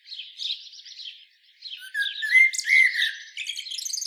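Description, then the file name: Common blackbird in soft, buzzy warbling that rises into louder whistled slides and rapid high twittering toward the end. "Turdus merula"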